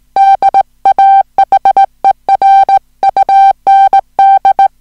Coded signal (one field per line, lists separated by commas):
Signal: Morse code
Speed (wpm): 18 wpm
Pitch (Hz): 780 Hz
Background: music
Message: DAHER UND